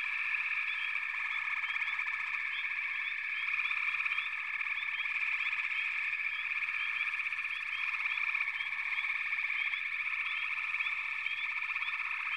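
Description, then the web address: Frogs in chorus, a thick steady buzzing trill with many overlapping short chirps and little change in loudness. "Natures Songs Sleep Sounds of Nature FROGS Frog Chorus"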